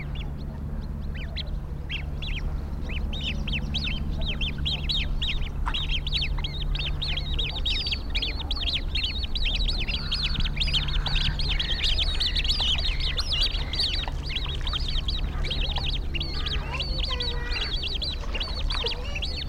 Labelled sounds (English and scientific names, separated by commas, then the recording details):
Great Crested Grebe (Podiceps cristatus) call
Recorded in the wild
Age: juvenile
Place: Eutin, Holsteinische Schweiz, Schleswig-Holstein, DE
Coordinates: 54.132, 10.614
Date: 1992-09-10 10:30
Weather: wolkig-heiter, 17°C
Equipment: Marantz CP 430, Sennheiser ME 80, Kopie Tesla B 116
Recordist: Tembrock, Günter